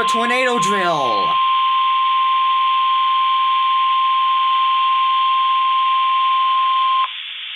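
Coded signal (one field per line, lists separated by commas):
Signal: Emergency Alert System (SAME) tones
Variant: 1050 Hz attention tone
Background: speech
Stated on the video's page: Minnesota tornado drill EAS alert, received in Lincoln, Nebraska during a livestream.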